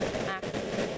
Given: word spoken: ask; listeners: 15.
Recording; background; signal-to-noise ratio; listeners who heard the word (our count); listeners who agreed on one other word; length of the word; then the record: one English word in noise, from a listening test; noise modulated by three-talker babble; -6.9 dB; 2 of 15; 9 of 15; 0.58 s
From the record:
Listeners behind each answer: 9, 2, 1, 1, 1, 1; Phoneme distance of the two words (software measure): 14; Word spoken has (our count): 1 syllable, 3 phonemes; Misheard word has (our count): 1 syllable, 3 phonemes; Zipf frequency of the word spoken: 5.41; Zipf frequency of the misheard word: 4.99